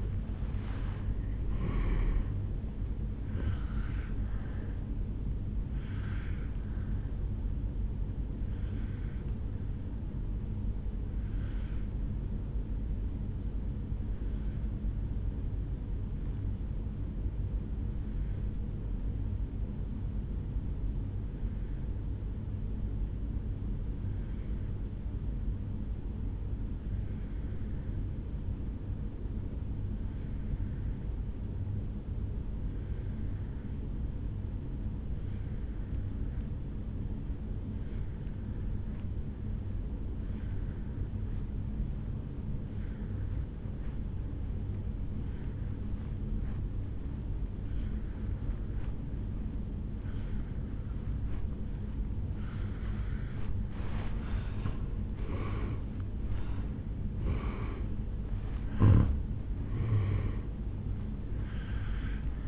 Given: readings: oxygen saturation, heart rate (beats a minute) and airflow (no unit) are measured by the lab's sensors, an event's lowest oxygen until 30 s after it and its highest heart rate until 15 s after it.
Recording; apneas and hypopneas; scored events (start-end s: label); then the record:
breathing in sleep by a smartphone at the bedside; 1
13.00-54.60 s: obstructive apnea (N1, oxygen 97% highest, then 82% lowest, heart rate 54 at the start, 75 highest)
61.00-62.48 s: new sleep stage, N2 (light sleep)
From the record:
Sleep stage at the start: N1 (lightest sleep); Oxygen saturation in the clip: 80 to 97%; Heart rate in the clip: 52 to 75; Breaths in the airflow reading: 5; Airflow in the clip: -12.8 to 6.8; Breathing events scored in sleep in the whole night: 449 in 7.0 hours asleep